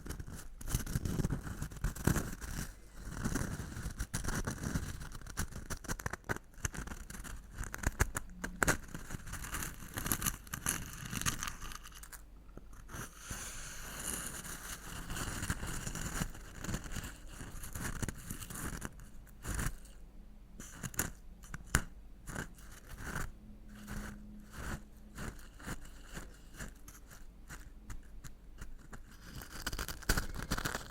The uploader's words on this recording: Old-Time Riches Crunchy Stirring. NO TALKING.